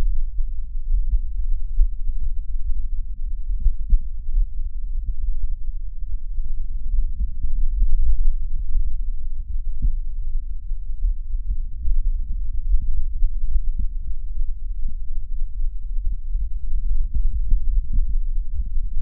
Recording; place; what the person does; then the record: lung sounds by stethoscope; left anterior apical chest; quiet breathing, then deep breathing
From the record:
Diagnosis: interstitial lung disease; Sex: male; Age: 66 years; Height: 164 cm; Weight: 76.2 kg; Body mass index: 28.3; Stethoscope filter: bell mode